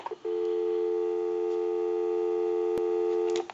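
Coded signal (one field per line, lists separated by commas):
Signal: telephone call progress tone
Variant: North America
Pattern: dial tone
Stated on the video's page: Heard during checkout and repair of a Western Electric Trimline telephone.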